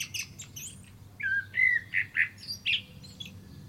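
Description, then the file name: Common blackbird song: thin high notes, then several rounded fluty whistles and a final higher squeaky note. "Turdus merula"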